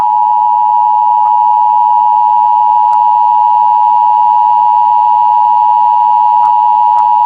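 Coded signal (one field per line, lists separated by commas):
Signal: Emergency Alert System (SAME) tones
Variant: 853 and 960 Hz attention tone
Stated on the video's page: Fictional mock EAS alert for a missile crisis during an imagined invasion of Lylat.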